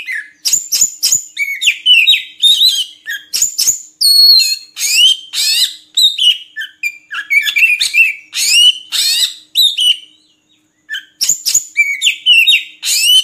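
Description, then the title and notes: Oriental magpie-robin song: dense, continuous medley of sweet whistles, trills and scratchy chattering phrases with few pauses. Long-duration song recording intended for training caged birds to sing actively day and night. "Kacer Jadi Gacor Siang Malam. Isian Kacer Durasi Panjang"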